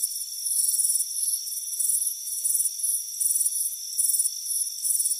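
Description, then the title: Crickets chirping in quick, bright trilled bursts, several every two seconds, with a steady high-pitched hum underneath. Warm afternoon on a front porch. "Soothing Crickets Chirping Sound"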